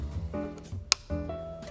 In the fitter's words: it's the same thing on the other end here push it in until you hear it snap